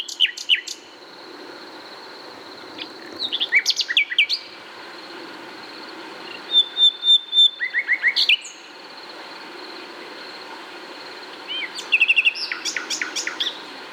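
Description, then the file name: Common nightingale song: several separate phrases of quick repeated pulses, whistles and a thin sustained high note, spread over fourteen seconds, with a steady high hum in the background. "Luscinia megarhynchos"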